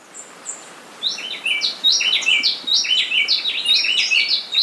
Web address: Birds of Ecuador 518 Gray-breasted Wood-Wren (Mindo-Tandayapa)